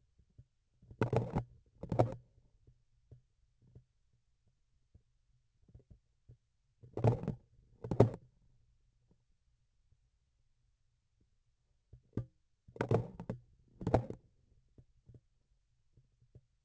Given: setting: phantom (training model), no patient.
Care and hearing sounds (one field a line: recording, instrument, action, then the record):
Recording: laparoscopic instrument, vibration sensor on the handle end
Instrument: grasping forceps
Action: opening and closing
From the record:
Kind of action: tool actuation without material contact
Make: other than Olympus